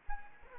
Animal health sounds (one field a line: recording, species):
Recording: mosquito wingbeat signal from an infrared sensor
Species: Anopheles gambiae